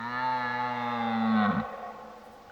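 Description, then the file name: Red deer stag giving a long, steady, moaning bellow that drops and breaks off abruptly after about one and a half seconds. Old stag bellowing during the rut (burlen). "Burlen 03 oud hert"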